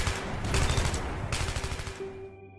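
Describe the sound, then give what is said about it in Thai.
Automatic M16 rifle fire from soldiers shooting at enemy positions in a forest rattles out in two sustained volleys of rapid, sharp cracks, loud and dense, before abruptly cutting off and leaving a faint ringing tail. “สั่งยิงไม่ต้องรอให้สั่งรอบที่สองกระสุนปืนอัตโนมัติ M16 ระเบิดกระสุนใส่เป้าหมาย”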